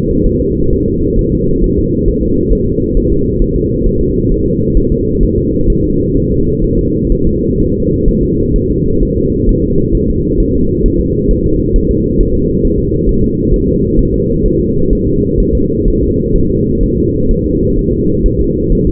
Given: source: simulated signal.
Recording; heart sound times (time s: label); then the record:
fetal heart sounds
0.26 s: S1
0.41 s: S2
0.73 s: S1
0.88 s: S2
1.19 s: S1
1.34 s: S2
1.64 s: S1
1.79 s: S2
2.08 s: S1
2.23 s: S2
2.53 s: S1
2.68 s: S2
2.97 s: S1
3.12 s: S2
3.42 s: S1
3.56 s: S2
3.86 s: S1
4.01 s: S2
4.32 s: S1
4.46 s: S2
4.77 s: S1
4.92 s: S2
5.23 s: S1
5.38 s: S2
5.70 s: S1
5.85 s: S2
6.17 s: S1
6.32 s: S2
6.64 s: S1
6.79 s: S2
7.12 s: S1
7.27 s: S2
7.61 s: S1
7.75 s: S2
8.09 s: S1
8.23 s: S2
8.56 s: S1
8.71 s: S2
9.03 s: S1
9.18 s: S2
9.49 s: S1
9.64 s: S2
9.95 s: S1
10.09 s: S2
10.40 s: S1
10.55 s: S2
10.86 s: S1
11.00 s: S2
11.31 s: S1
11.46 s: S2
11.76 s: S1
11.91 s: S2
12.21 s: S1
12.35 s: S2
12.65 s: S1
12.80 s: S2
13.09 s: S1
13.24 s: S2
13.54 s: S1
13.69 s: S2
13.99 s: S1
14.14 s: S2
14.46 s: S1
14.60 s: S2
14.93 s: S1
15.07 s: S2
15.40 s: S1
15.55 s: S2
15.88 s: S1
16.03 s: S2
16.36 s: S1
16.50 s: S2
16.83 s: S1
16.98 s: S2
17.31 s: S1
17.46 s: S2
17.79 s: S1
17.94 s: S2
18.26 s: S1
18.41 s: S2
18.72 s: S1
18.87 s: S2
From the record:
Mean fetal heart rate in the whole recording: 130 bpm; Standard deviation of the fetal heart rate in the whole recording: 4 bpm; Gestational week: 38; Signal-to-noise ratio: -15.3 dB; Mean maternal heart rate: 72 bpm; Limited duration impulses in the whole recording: present